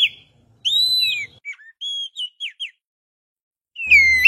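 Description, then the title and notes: Oriental magpie-robin singing clear whistled notes: a long bright slurred whistle, a run of short rising and falling notes, then another drawn-out whistle. "Kicau Burung Kacer"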